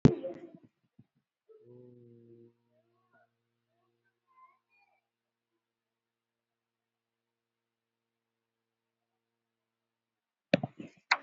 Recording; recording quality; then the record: sustained vowel as in boot; poor, much background noise or distortion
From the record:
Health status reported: COVID-19 positive, no symptoms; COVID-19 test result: positive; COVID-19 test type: RT-PCR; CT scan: taken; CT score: 2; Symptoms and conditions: cold, fever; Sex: male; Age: 37 years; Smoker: no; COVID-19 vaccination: one dose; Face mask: worn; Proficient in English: yes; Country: India